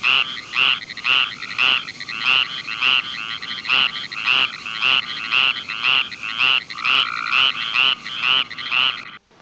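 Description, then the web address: Tree frog giving rapid, evenly repeated short croaking notes, roughly two each second, with a steady lower hum joining late before the sound cuts off. "frogs Family Hylidae"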